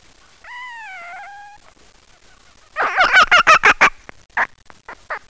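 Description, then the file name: Red fox making a smooth wavering whine, then a quick burst of harsh pulsed chattering followed by a few separate sharp notes. "Golosa zhivotnyh - Lisica"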